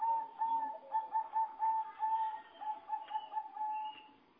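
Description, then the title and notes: Bird giving a continuous run of quick, wavering pulsed notes at one steady pitch. "Bird Sound. Kicau Burung Lengkap"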